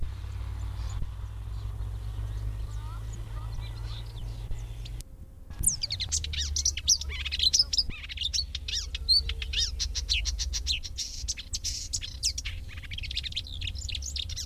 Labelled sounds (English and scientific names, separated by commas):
Marsh Warbler (Acrocephalus palustris)